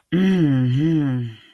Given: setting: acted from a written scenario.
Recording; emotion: vocal sound without words; contentment